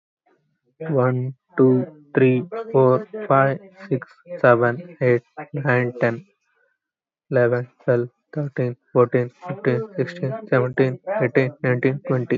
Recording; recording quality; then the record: counting at a normal pace; excellent, no background noise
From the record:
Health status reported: healthy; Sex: male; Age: 20 years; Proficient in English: yes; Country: India